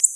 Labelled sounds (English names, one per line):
Black-throated Blue Warbler flight call